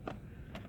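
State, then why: Seated. A plastic retaining clip on the steering wheel airbag/trim cover of a Pontiac G8 snaps into the steering wheel with a sharp click at 0.1 s, followed by a softer knock at 0.6 s over low background noise. The clip is seated in place.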